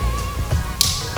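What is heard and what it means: A clip on a new wiring harness connector for a C7 Corvette's Magnuson TVS2650 install slides over its mating connector and is pushed home, giving one sharp, bright click at 0.8 s. The clip seats, and there is a steady low hum underneath.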